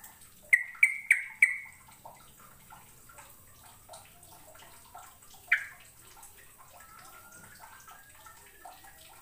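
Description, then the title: Bird chirps, four sharp high notes in quick succession early on, one more a few seconds later, over a soft, busy background of faint twittering. "Kicau Burung"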